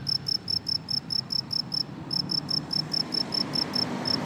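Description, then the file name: Cricket song: high, clean chirps repeated rapidly in a steady series, with one brief pause before resuming. "grillon"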